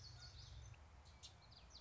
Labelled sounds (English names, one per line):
Common Yellowthroat